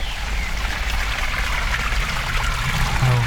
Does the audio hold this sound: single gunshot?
no